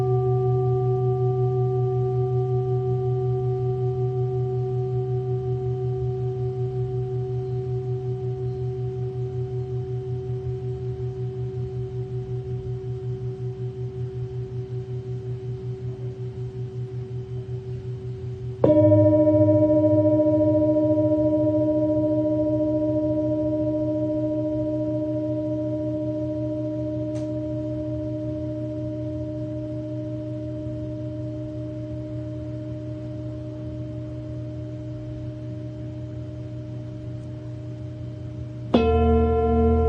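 Singing bowls ring in long, slowly fading tones, struck again near nineteen seconds and once more just before the end, leaving steady overlapping hums.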